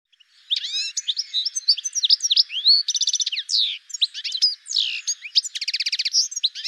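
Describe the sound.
Bird song of varied high chirps and slurred sweeps broken by two buzzy rattling bursts of rapidly repeated notes, continuous throughout.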